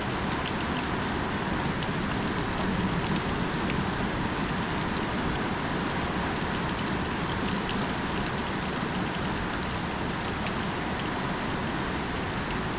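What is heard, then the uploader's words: Steady rain from a summer thunderstorm in a small town pours without pause, a dense, even hiss with fine crackling drops spread across highs and a fuller low rush underneath. No thunder rolls through; the level barely shifts over thirteen seconds. A summer thunderstorm in the small town of Pawlet Vermont.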